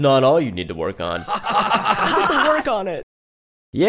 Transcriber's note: laughter